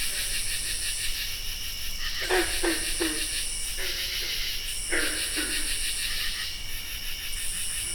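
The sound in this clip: Green frog calls: short, low twangy plucked notes in small bursts of two or three, over a steady, loud chorus of buzzing and shrilling insects.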